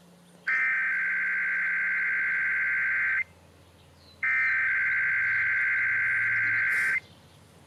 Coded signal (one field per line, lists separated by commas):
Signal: Emergency Alert System (SAME) tones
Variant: header bursts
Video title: [EAS #69-70] Sacramento's May RMT's